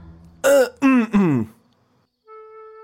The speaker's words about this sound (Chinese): 赵普咳嗽了一声，略尴尬。